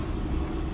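A blade fuse, pulled earlier for a compression test, is being handled back toward its slot in a vehicle fuse box. Only a steady low rumble with broadband noise is heard, with no sharp transients. Nothing has seated or clicked yet.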